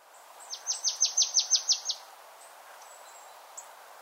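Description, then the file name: Marsh Tit uttering a brisk run of about nine sharp, falling high notes, followed by a few faint thin peeps over soft background noise. "Poecile palustris"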